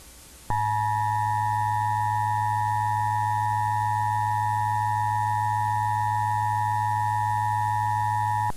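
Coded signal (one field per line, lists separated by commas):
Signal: Emergency Alert System (SAME) tones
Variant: 853 and 960 Hz attention tone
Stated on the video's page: Mock EAS evacuation alert.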